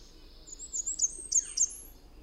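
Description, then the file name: Blackburnian warbler song: very high, thin, sibilant notes run together in a short series, with faint low background rumble. Recorded 22 June 2001. "2001-06-22 Blackburnian"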